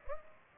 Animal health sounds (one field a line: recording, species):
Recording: mosquito wingbeat signal from an infrared sensor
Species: Aedes aegypti